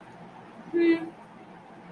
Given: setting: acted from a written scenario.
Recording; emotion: vocal sound without words; neutral